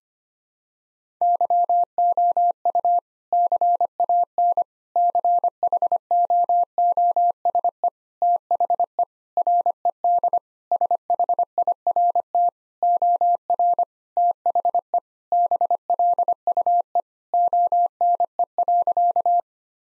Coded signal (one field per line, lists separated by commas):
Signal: Morse code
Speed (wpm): 25 wpm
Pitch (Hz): 700 Hz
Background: none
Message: YOU CAN CHOOSE THE RED SHIRT OR THE BLUE ONE.